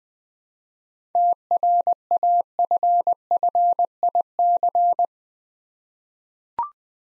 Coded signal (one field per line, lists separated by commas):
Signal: Morse code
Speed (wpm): 20 wpm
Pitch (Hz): 700 Hz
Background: none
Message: TRAFFIC